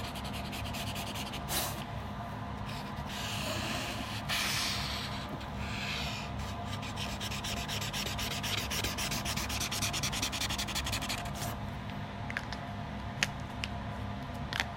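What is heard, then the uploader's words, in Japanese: Drawing on paper: a pen or pencil rubs and scratches in steady, dense strokes over a low hum, with a few sharp taps near the end. お絵描き。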